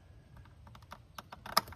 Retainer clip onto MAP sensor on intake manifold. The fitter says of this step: line those up, and just snap it into place.